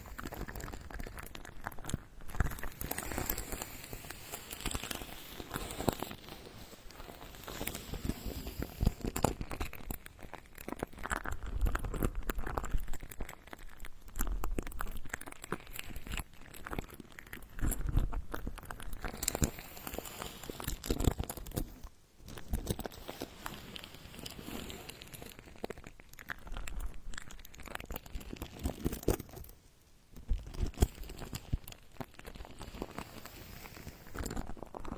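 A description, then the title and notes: Ultra-fine ear touching fills the clip with dense, continuous rubbing and crinkling, made of soft scratches and tiny taps that swell and fade in slow waves. The texture is busy and fairly bright throughout, with brief near-silent pauses around 22 and 30 seconds. Ultra-fine ear touch, immersive experience.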